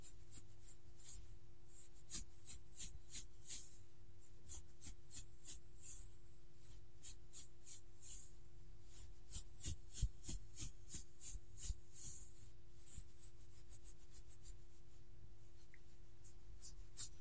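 A dog is being petted and scratched. Quick, crisp rubbing strokes repeat at a fairly steady pace, a few each second, with a couple of louder scrapes near the middle. A low steady hum runs underneath throughout.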